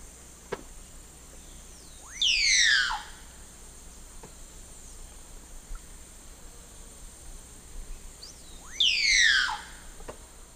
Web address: S America Eastern Lowlands Clypicterus oseryi, display song